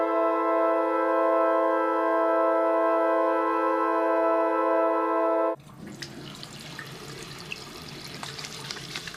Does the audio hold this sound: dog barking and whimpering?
no